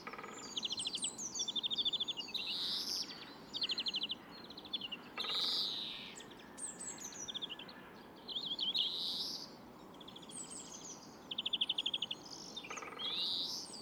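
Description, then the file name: European greenfinch twittering: bursts of rapid chirps and trills alternate with long wheezy buzzes, repeating every few seconds over a low steady hiss. "Chloris chloris"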